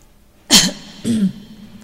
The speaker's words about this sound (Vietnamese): Trường Lập đột nhiên hắng giọng nói